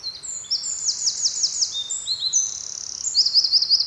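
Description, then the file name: Eurasian wren song, a bright, rapid run of high repeated notes and thin whistles, closing with a quick series of ringing chips. "Troglodytes troglodytes"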